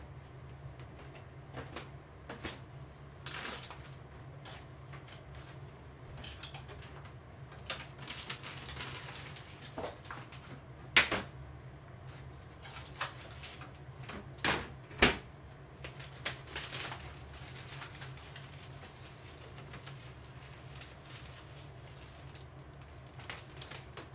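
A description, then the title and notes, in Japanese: Kitchen work after washing dishes: scattered clatters, clicks and cupboard knocks over a steady low hum, with sharper bangs around eleven and fifteen seconds. 中華鍋を購入しました。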